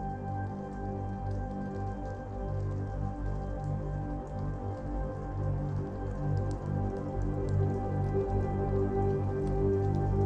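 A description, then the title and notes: Healing frequency music built from steady, layered drone tones, strongest in a deep low hum with softer held notes above, swelling slightly louder toward the end. A light patter of ticks and drips, like gentle rain, runs throughout. 528 Hz Solar Plexus Healing Frequency Music + Binaural Beats.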